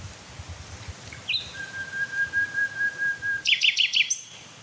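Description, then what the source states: Common Nightingale song: a long drawn-out steady whistle, then a quick series of loud repeated chirps. Nightingale singing on a very still night in fields, under a waning half moon; its song is described as having beating, fluting, breaking-over and sobbing notes.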